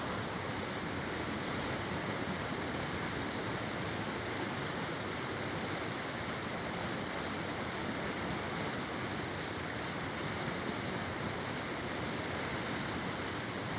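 A river rushes in a dense, steady roar of churning water, full and unbroken from low rumble to bright hiss throughout.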